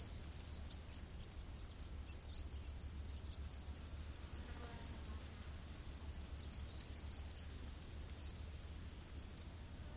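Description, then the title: Cricket chirping, a high steady pulsed trill repeating several times a second throughout, over a faint low rumble. Crickets calling in a humid rainforest at night. "Crickets of the Rainforest"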